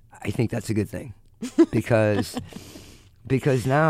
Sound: soundbite of laughter

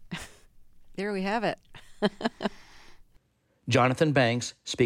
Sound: laughter

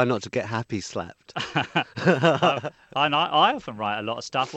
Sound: soundbite of laughter

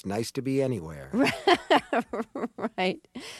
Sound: soundbite of laughter

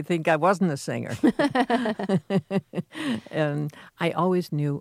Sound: soundbite of laughter

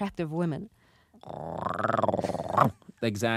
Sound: soundbite of growl

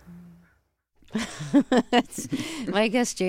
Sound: soundbite of laughter

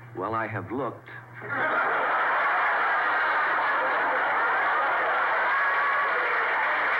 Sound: soundbite of laughter

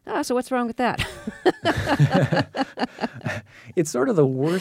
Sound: soundbite of laughter

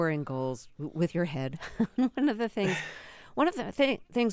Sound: laughter

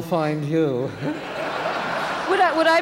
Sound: laughter

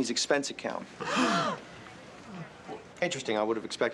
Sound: soundbite of family gasping

